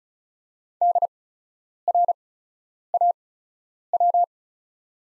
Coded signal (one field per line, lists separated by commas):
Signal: Morse code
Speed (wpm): 34 wpm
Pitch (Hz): 700 Hz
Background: none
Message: DRAW